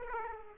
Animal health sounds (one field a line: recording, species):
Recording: mosquito wingbeat signal from an infrared sensor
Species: Aedes aegypti